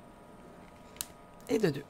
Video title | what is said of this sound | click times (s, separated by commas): Lémur , Passe-temps crochet Qc , tuto Fr , pas à pas | qu'à ça fait clic c'est parce qu'on sait que c'est bien fixée alors | 1.0 s